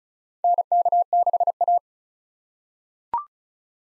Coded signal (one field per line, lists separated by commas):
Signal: Morse code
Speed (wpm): 34 wpm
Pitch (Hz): 700 Hz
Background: none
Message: NK6A